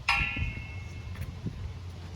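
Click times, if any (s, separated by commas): 0.1 s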